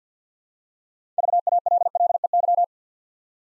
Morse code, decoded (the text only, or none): VALLEY